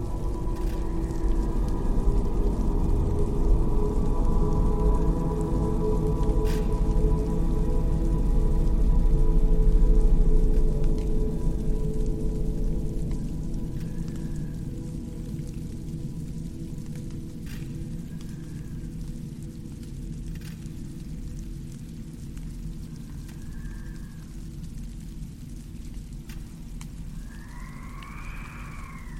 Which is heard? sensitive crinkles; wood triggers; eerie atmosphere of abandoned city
eerie atmosphere of abandoned city